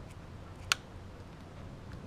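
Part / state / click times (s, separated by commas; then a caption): electrical connector onto the intake air temperature sensor / seated / 0.7 s. After the intake air temperature sensor on a 2013 VW GTI is cleaned, dried and refitted, the plastic electrical connector is carefully plugged back onto it. A single sharp click at 0.7 s shows it seating in place over a quiet low background hum, with only a faint tick near 1.9 s afterward.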